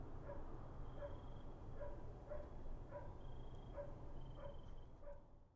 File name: Ext Amb Late Fall Night Distant Dog Going Bizerk Fallcrickets